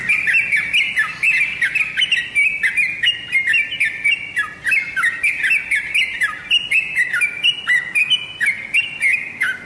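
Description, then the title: Oriental magpie-robin song, loud and continuous, with quick whistled phrases rising and falling in a rapid, uneven rhythm. "Kicau Kacer"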